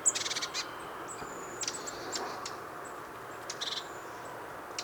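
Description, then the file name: Eurasian blue tit calling with rapid buzzy churring bursts and thin, very high whistled notes, scattered throughout over a faint steady background hiss. "Cyanistes caeruleus"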